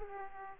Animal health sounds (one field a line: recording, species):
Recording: mosquito wingbeat signal from an infrared sensor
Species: Aedes aegypti